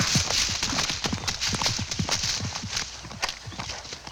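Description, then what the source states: Horse galloping, rapid hoof thuds about three per second over heavy leaf crunching and rustle that eases toward the end. Galloping through leaves.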